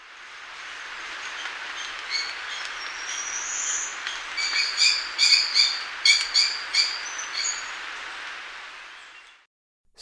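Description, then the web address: Maroon-tailed parakeet chatter: a burst of quick, harsh, repeated chirping notes over a steady hiss. Recorded in Ecuador, South America. "Birds of Ecuador. Maroon-tailed Parakeet"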